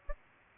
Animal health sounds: mosquito wingbeat signal from an infrared sensor; Aedes albopictus

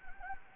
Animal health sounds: mosquito wingbeat signal from an infrared sensor; Anopheles gambiae

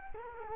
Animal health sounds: mosquito wingbeat signal from an infrared sensor; Culex quinquefasciatus

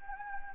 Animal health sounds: mosquito wingbeat signal from an infrared sensor; Anopheles gambiae

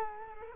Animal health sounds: mosquito wingbeat signal from an infrared sensor; Culex quinquefasciatus

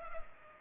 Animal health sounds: mosquito wingbeat signal from an infrared sensor; Culex pipiens

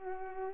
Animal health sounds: mosquito wingbeat signal from an infrared sensor; Culex pipiens

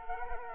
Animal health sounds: mosquito wingbeat signal from an infrared sensor; Culex quinquefasciatus

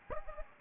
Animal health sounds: mosquito wingbeat signal from an infrared sensor; Anopheles gambiae

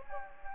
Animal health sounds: mosquito wingbeat signal from an infrared sensor; Anopheles gambiae

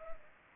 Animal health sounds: mosquito wingbeat signal from an infrared sensor; Anopheles arabiensis

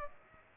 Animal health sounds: mosquito wingbeat signal from an infrared sensor; Aedes aegypti

